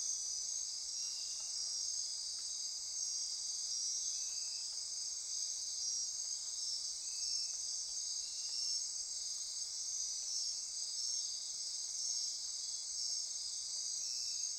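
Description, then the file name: Insect chorus with a steady high-pitched drone and sustained whistle-like tones, punctuated by regular short lower buzzes every few seconds. Insect chorus at midnight near Corcovado. "Wind-is-the-Original-Radio-Fridays 20240628 Andy-Martin Midnight-Insect-Chorus-Near-Corcovado"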